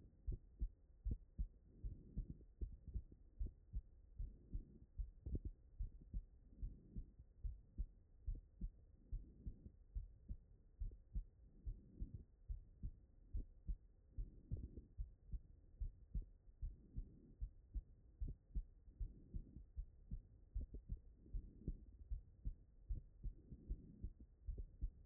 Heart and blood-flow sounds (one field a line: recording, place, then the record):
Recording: heart sounds by stethoscope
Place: pulmonary valve (PV)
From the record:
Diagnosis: non-HFrEF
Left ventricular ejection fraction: 60%